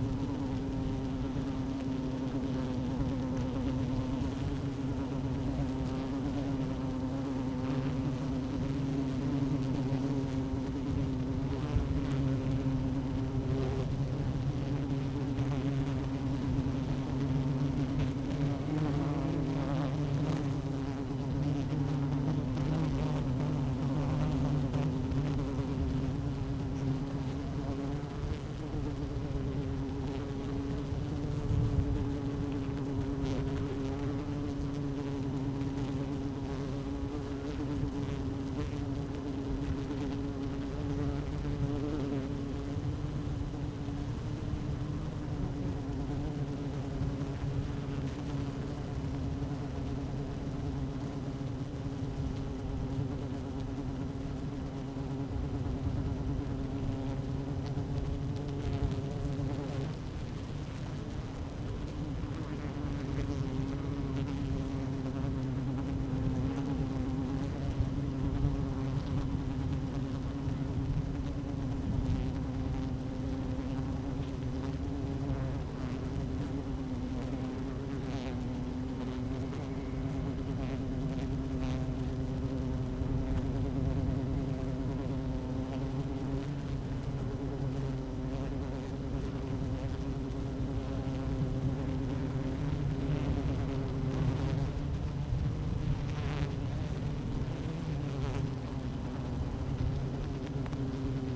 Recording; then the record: honeybee colony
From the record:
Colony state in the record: active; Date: 12 June 2018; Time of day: 12:02